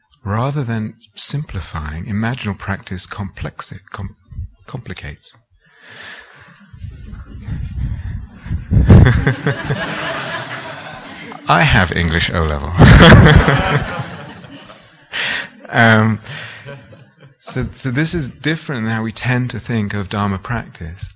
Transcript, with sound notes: Rather than simplifying, imaginal practice complexi... complicates. [laughter] I have English O-level! [laughter] So this is different than how we tend to think of Dharma practice.